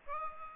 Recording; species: mosquito wingbeat signal from an infrared sensor; Aedes aegypti